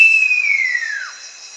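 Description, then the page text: Great eared nightjar call, a single clear whistle sliding steadily down from high to low over about one second, with a steady insect drone behind it. "Great Eared Nightjar Call. Quick Sounds"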